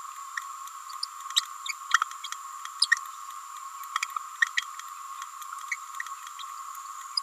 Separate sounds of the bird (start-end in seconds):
1.93-1.98, 2.81-2.87, 5.71-5.76